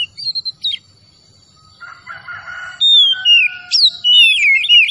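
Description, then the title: Oriental magpie-robin song: loud whistled notes sliding between high pitches in short bursts, with a long thin steady note and a quiet pause early on. Vigorous, full singing described as gacor; bird labelled Tretes. "Kacer Tretes"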